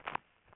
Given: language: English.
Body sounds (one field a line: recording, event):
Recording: throat vibration sensor signal played as sound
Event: swallow